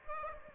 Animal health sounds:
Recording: mosquito wingbeat signal from an infrared sensor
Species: Aedes aegypti

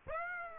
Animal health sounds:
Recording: mosquito wingbeat signal from an infrared sensor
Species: Aedes aegypti

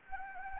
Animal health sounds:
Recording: mosquito wingbeat signal from an infrared sensor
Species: Anopheles gambiae

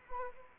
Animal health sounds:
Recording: mosquito wingbeat signal from an infrared sensor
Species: Anopheles arabiensis

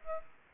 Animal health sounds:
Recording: mosquito wingbeat signal from an infrared sensor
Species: Aedes aegypti

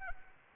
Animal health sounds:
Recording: mosquito wingbeat signal from an infrared sensor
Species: Anopheles arabiensis

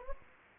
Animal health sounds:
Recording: mosquito wingbeat signal from an infrared sensor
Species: Anopheles gambiae

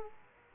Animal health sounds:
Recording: mosquito wingbeat signal from an infrared sensor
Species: Culex quinquefasciatus

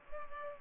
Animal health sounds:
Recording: mosquito wingbeat signal from an infrared sensor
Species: Culex pipiens

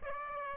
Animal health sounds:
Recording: mosquito wingbeat signal from an infrared sensor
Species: Aedes aegypti

